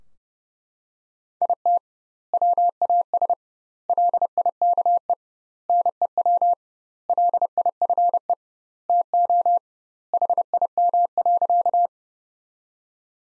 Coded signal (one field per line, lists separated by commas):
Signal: Morse code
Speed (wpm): 30 wpm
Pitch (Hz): 700 Hz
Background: none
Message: IT WAS LIKE NEW LIFE TO HIM.